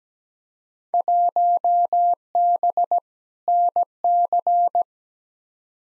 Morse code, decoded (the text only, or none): 1B NC